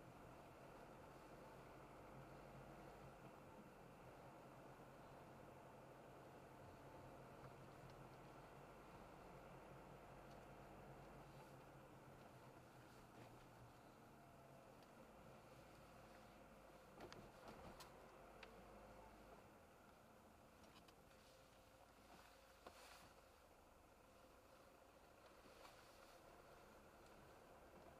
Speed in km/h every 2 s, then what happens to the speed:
36, 34, 33, 35, 35, 34, 30, 23, 22, 22, 9, 8, 13, 18.
0-10 steady at about 34. 10-14 slows to 23. 18-21 brakes to 8. 21-28 speeds up to 18.